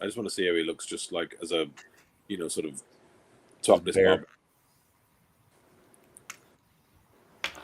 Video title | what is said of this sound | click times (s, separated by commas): WHAT'S IN THE BOX?!?! Looking at wave 2 with the gang!!! | can hear all the snapping and clicking. | 6.2 s, 6.3 s, 7.4 s